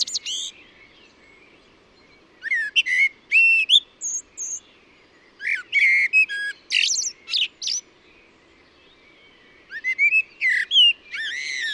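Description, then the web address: Bird singing in several phrases of bright whistles, rising and falling slurs and short chirps, with brief silent gaps between phrases. "cianscape birddata Deverinetal 2025 Bird Only Tu Me Tu Me"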